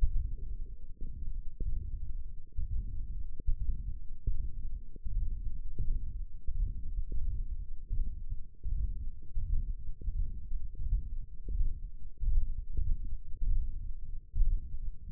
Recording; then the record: forearm muscle sounds (acoustic myography)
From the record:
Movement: hand opening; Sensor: system 1, eight BSWA MPA416 microphones around the upper forearm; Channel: 2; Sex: male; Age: 21 years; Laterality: right